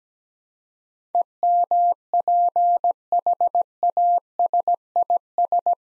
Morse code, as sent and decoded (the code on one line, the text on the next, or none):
. -- .--. .... .- ... .. ...
EMPHASIS